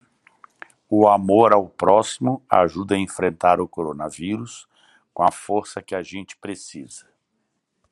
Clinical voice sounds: spoken sentence; Brazilian Portuguese; male; 50 to 59 years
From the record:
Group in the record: control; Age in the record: 56 years

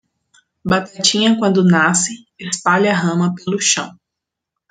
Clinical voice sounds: short text; Brazilian Portuguese; female; 30 to 39 years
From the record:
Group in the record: control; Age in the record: 31 years

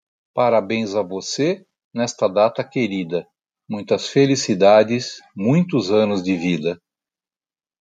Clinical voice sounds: short text; Brazilian Portuguese; male; 50 to 59 years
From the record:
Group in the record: control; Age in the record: 55 years

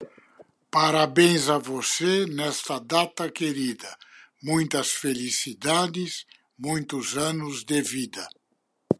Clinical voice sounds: short text; Brazilian Portuguese; male; 80 to 89 years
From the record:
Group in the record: control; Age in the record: 81 years

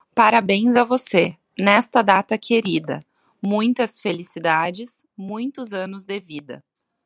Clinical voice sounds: short text; Brazilian Portuguese; female; 20 to 29 years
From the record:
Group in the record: control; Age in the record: 29 years

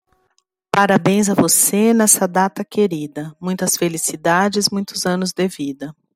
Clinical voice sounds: short text; Brazilian Portuguese; female; 40 to 49 years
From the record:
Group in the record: control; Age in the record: 42 years

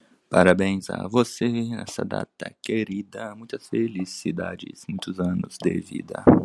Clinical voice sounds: short text; Brazilian Portuguese; male; 18 to 19 years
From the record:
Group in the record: control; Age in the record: 18 years

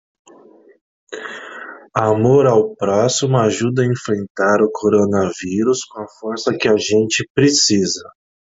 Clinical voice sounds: spoken sentence; Brazilian Portuguese; male; 30 to 39 years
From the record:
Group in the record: control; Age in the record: 39 years

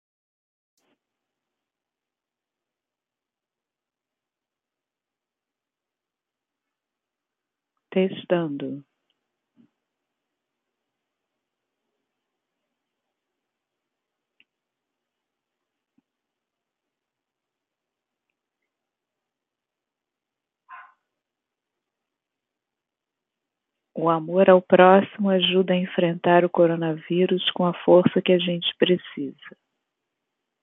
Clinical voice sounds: spoken sentence; Brazilian Portuguese; female; 60 to 69 years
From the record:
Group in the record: control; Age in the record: 62 years

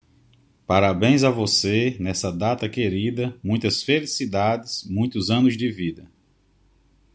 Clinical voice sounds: short text; Brazilian Portuguese; male; 30 to 39 years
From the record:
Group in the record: control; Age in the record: 38 years

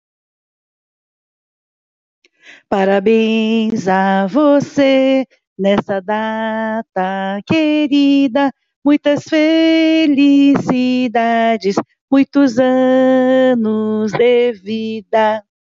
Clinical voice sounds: short text; Brazilian Portuguese; female; 40 to 49 years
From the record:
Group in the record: control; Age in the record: 46 years

